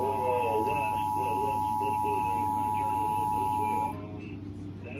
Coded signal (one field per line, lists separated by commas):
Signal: Emergency Alert System (SAME) tones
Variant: 853 and 960 Hz attention tone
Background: speech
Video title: EAS #958-959 IL RMT on WBEZ, WBEZ HD2